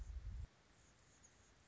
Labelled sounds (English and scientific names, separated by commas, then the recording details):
Anna's Hummingbird (Calypte anna)
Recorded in Sonoma County, California